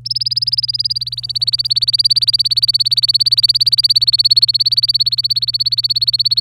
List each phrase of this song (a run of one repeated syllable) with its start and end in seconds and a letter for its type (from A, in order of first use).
0.05-6.40 A